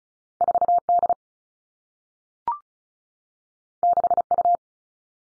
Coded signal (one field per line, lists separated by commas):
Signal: Morse code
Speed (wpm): 36 wpm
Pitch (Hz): 700 Hz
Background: none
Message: 4 D 6 U